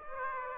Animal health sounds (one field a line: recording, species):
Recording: mosquito wingbeat signal from an infrared sensor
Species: Aedes aegypti